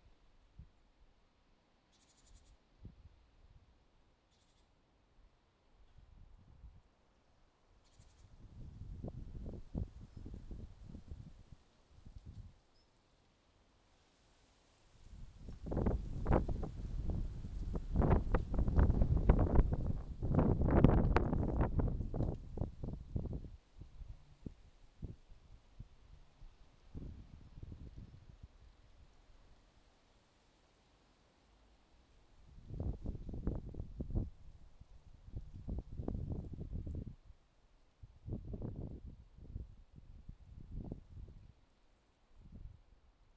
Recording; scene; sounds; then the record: everyday scene through a hearing-aid microphone; wind on the microphone; wind, traffic, birds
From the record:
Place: suburban garden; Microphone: in the ear canal, left